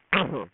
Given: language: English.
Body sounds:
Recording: throat vibration sensor signal played as sound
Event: throat clearing

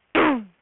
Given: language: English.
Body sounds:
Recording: throat vibration sensor signal played as sound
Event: throat clearing

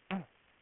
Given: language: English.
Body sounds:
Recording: throat vibration sensor signal played as sound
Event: throat clearing

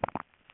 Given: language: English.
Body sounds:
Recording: throat vibration sensor signal played as sound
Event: swallow

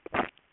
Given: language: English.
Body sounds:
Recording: throat vibration sensor signal played as sound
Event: swallow

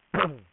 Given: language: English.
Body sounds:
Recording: throat vibration sensor signal played as sound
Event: throat clearing

